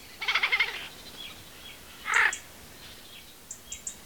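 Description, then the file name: Eurasian jay call: a rapid stuttering rattle, then a single loud hoarse screech, followed by a few faint high chips over background hiss. "Garrulus glandarius"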